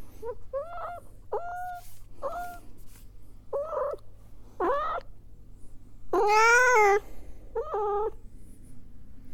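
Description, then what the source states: Cat meowing in a series of short meows, then one louder, longer drawn-out meow and a final shorter one, over a steady low hum. Cat calling because it wants something.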